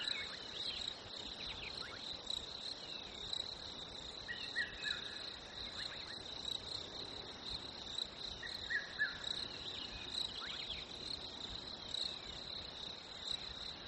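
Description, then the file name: Cricket chorus as a continuous shrill trill, with scattered short bird calls and chirps breaking in now and then. Nature ambience recording labelled fresh winter, with crickets and birds. "smartsound. Fresh Winter Crickets"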